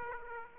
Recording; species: mosquito wingbeat signal from an infrared sensor; Aedes aegypti